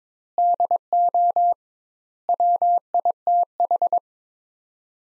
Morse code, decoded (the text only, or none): DO WITH